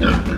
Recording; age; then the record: pig call; growing-finishing pig (85 days or more)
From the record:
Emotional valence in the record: negative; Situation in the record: barren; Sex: female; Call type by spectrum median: low-frequency call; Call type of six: low-frequency stable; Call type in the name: low-frequency stable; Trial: 3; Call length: 0.38 s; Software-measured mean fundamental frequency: 59 Hz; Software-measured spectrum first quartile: 157 Hz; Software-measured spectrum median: 430 Hz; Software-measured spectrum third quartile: 1413 Hz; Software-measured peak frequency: 213 Hz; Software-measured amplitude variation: 152 dB a second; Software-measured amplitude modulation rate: 17.3 a second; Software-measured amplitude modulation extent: 8.8 dB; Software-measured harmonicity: 1.1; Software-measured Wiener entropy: -1.93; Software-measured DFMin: 1017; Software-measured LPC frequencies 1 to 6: 1418, 2495, 3203, 4625, 6057, 6638 Hz